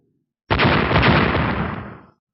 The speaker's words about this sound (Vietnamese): Song phương va chạm kịch liệt, ánh lửa văng khắp nơi, phát ra tiếng nổ mạnh liên tiếp như tiếng sấm.